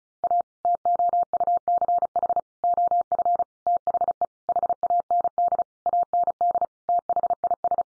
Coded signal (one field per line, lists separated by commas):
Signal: Morse code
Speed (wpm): 34 wpm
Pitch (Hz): 700 Hz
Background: none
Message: A TOUCH OF THE HAND AND THIS